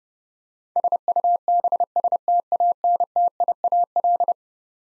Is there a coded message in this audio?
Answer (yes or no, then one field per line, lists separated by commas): yes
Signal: Morse code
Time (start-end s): 0.8-4.3 s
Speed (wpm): 30 wpm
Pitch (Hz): 700 Hz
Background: none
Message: SUBSTANTIAL